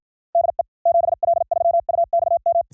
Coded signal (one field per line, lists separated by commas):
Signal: Morse code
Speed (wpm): 53 wpm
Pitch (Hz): 680 Hz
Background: none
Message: DE 7L3UXM